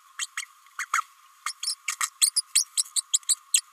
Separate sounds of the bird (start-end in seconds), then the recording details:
0.19-0.26, 0.37-0.46, 0.78-0.85, 0.93-1.01, 1.45-1.52, 1.63-1.75, 1.88-1.95, 2.00-2.09, 2.21-2.32, 2.36-2.42, 2.55-2.65, 2.96-3.02, 3.13-3.18, 3.29-3.35, 3.53-3.61. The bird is a female. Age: 29 days. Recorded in a nest box in Venezuela. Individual 17B32A5